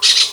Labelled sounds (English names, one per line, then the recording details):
Brown-throated Parakeet contact call
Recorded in Venezuela
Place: Guárico; Corozopando; Fundo La Fe
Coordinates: 8.506, -67.593